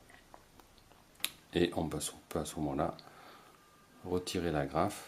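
On a homemade rudder angle sensor linkage, the small retaining clip that snaps around the ball joint axle is unclipped so the joint can come apart. After a few faint ticks, a sharp click rings out at 1.2 s as the clip releases, and then someone talks.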